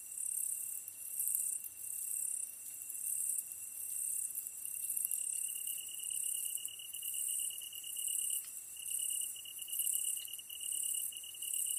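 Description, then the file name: Tree cricket song, a thin steady trill that swells louder after about five seconds, beneath pulsing high-pitched insect noise. Kantan recorded together with ezotsuyumushi on 15 August 2010 at 22:39 at night, with a DH-D50. "kantan ezotuyumusi 20100815-2239"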